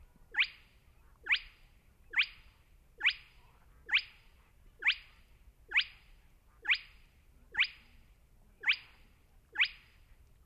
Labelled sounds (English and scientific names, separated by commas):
Spotted Crake (Porzana porzana)